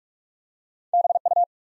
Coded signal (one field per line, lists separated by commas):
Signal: Morse code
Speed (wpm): 44 wpm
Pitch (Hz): 700 Hz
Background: none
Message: BU